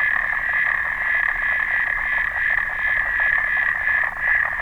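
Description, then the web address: Clawed frog giving a quick, steady stream of metallic ticks that blur into a buzzing trill, briefly faltering near the end. "sounds xenopus"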